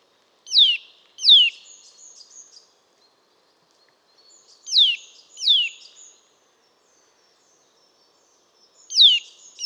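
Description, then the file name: Eurasian nuthatch call, pairs of loud downward-sweeping whistled notes repeated with gaps. "Sitta europaea"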